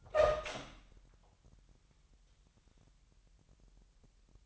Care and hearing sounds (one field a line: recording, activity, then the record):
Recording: daily activity, microphone in the room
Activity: open door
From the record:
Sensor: 3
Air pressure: 998.3 hPa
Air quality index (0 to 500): 144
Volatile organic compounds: 5 ppm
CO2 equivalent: 1721 ppm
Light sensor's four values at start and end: 16/45/18/17 and 16/45/18/17